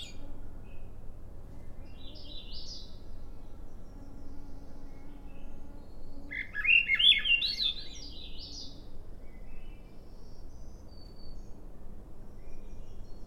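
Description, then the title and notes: Swainson's thrush song with a short phrase, then a louder, rising spiral of flutey notes several seconds later; faint high call notes and a low steady rumble underneath. Morning (06:19), 15 June 2017, trail in Schoodic Division, Acadia National Park; mostly cloudy, 54 degrees, calm seas; peeper-like 'wee' call of another Swainson's thrush in background; Fostex FR2, Sennheiser ME 64 shotgun mic. "Swainson's Thrush. on trail to "Ocean Bench" off Sun Dew Trail, Schoodic Division, Acadia National Park"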